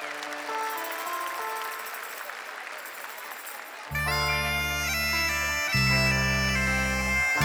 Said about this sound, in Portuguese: uma grande salva de palmas para ele.